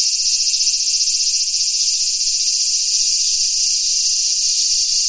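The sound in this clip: Cicada song, a dense, shrill, continuous buzz held at an even loudness throughout, with no breaks.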